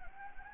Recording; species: mosquito wingbeat signal from an infrared sensor; Anopheles gambiae